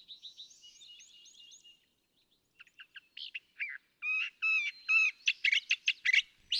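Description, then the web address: California thrasher song: varied phrases, repeated high chattering notes, then loud doubled whistled and harsh syllables in quick succession. "birdsongforthecurious California Thrasher"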